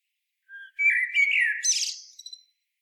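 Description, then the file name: Common blackbird song phrase opening with a faint quiet note, then a full whistled warble and a closing flourish of thin, high squeaks. "Turdus merula"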